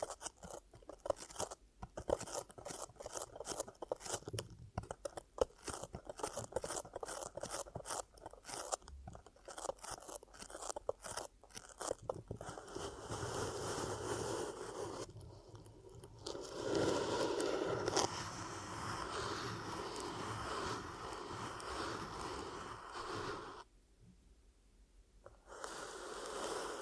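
Ear cupping triggers in ASMR style: for the first twelve seconds, rapid crackly crunching taps come in dense bursts. Then a steadier, muffled rushing hiss takes over, swelling and fading, with brief near-silent gaps around 15 and 24 seconds.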